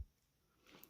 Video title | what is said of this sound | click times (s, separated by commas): E3D Vulcano Assembly & First Impressions | that just snaps into place there. | 0.8 s